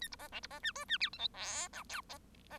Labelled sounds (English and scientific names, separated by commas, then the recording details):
Bengalese Finch (Lonchura striata domestica) song
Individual Bird1